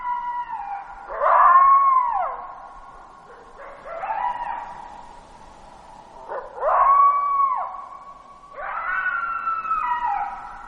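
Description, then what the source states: Coyote howling, four drawn-out wavering howls about every two to three seconds, some ending in a sharp downward slide. Alaska, 12 July 2017, 23:39.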